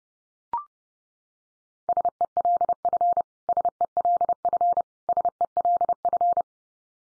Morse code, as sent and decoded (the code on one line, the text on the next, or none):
... . .-.. ..-. / ... . .-.. ..-. / ... . .-.. ..-.
SELF SELF SELF